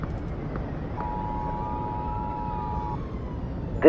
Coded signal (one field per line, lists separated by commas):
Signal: Emergency Alert System (SAME) tones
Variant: 853 and 960 Hz attention tone